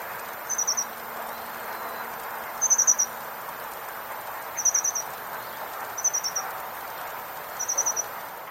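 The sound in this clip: Siberian accentor song: five very high, thin, tinkling trilled phrases, each under half a second, spaced about every one and a half to two seconds over a steady low rushing background.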